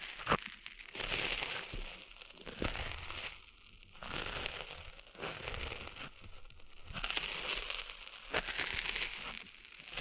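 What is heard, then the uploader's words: Sand being cleaned out of ears makes bright, gritty scratching and crackling that swells in repeated bursts every second or two, with brief quieter pauses between. ASMR Cleaning Sand Out of Your Ears (No Talking).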